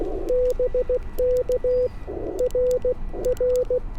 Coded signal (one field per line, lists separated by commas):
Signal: Morse code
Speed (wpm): 16 wpm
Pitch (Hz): 510 Hz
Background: radio noise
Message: BK RR